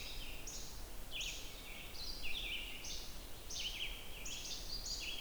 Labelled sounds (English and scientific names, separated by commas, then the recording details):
Red-eyed Vireo (Vireo olivaceus) song
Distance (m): 45 m
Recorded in boreal forest in Alberta, Canada, on 29 June 2016 at 06:04
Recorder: SongMeter 3, array SBT-6-79
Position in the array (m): 123 m, 193 m